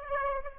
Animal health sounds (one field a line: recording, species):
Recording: mosquito wingbeat signal from an infrared sensor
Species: Aedes aegypti